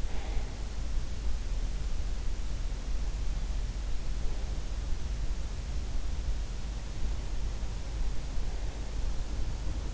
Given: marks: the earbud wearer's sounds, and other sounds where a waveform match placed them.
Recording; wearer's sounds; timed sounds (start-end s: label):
sounds in sleep by an in-ear microphone; breath
0.00-0.59 s: breath